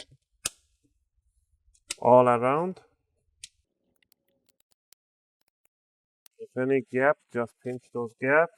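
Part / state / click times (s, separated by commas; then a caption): plastic screen bezel into laptop display lid case / seated / 0.0 s, 0.5 s. The plastic front screen bezel of a Lenovo Ideapad 320 15ABR is pressed down toward the display lid case so its snap clips engage, working all around the bezel. Sharp clicks are heard at 0.0 and 0.5 seconds, with a few faint ticks afterward, and someone talks. The bezel clips are seated.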